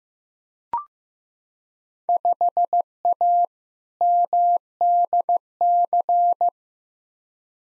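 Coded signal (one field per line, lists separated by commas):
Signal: Morse code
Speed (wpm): 15 wpm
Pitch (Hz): 700 Hz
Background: none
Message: 5A MDC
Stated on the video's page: Head-copy drill of randomly selected Field Day exchanges sent at 15 wpm, each sent in Morse, spoken, then sent again.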